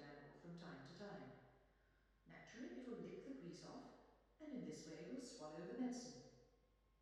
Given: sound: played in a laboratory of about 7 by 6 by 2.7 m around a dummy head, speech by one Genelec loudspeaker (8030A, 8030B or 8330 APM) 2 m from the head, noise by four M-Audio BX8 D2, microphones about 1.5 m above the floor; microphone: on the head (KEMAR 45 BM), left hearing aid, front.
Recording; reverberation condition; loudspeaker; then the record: female speech in English; high; 150 degrees to the right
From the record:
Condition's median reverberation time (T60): about 1300 ms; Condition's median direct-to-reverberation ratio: about -4.0 dB